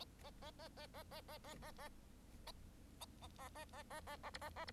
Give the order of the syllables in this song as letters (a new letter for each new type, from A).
A A A A A A A A A A A A A A A A B A A B